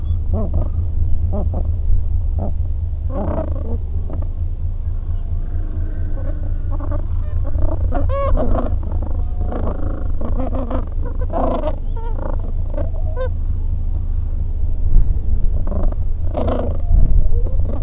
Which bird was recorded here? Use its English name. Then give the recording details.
Gentoo Penguin. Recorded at the colony at Godthul, on 25 December 2014. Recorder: Song Meter SM2+